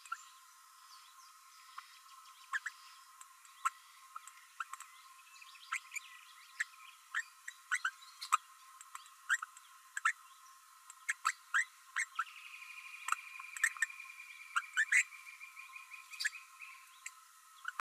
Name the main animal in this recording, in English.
Green-rumped Parrotlet